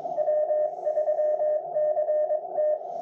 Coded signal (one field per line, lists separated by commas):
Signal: Morse code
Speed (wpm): 21 wpm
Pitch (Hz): 610 Hz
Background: radio noise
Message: W3CT